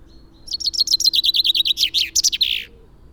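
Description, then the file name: Common chaffinch singing one bright trill of repeated high notes that drops in pitch and closes with a rough terminal flourish; a faint low hum underneath. "Fringilla coelebs"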